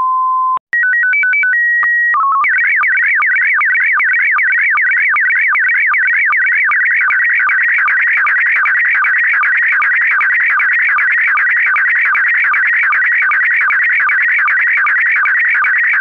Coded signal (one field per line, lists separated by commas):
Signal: SSTV (slow-scan television)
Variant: PD 50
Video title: Slow Scan Radio, 19 September 2018, with SSTV and data